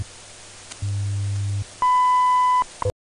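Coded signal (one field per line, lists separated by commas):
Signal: radio time signal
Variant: WWV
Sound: a brief low hum, then a clear 1 kHz beep lasting under a second, click at end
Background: radio static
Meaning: The 0.8-second 1000 Hz tone marks the start of a new minute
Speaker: 16 hours 32 minutes coordinated universal time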